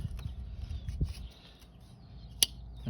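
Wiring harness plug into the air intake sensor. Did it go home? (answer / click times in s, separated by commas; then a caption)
yes / 2.4 s. During a cold air intake install on a Lexus IS, a wiring harness plug is pushed by hand into the intake air sensor over a low background rumble with a few faint ticks. A sharp, loud snap at 2.4 s marks the plug latching, and the connector is seated.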